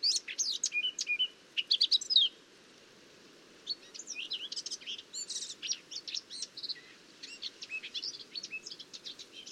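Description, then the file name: Eurasian blackcap song: fast scratchy warbled phrases, a short pause, then a long run of quick varied twittering notes. "Sylvia atricapilla"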